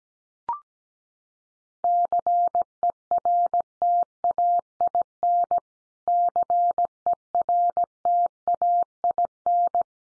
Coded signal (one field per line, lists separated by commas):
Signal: Morse code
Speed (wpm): 17 wpm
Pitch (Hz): 700 Hz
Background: none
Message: CERTAIN CERTAIN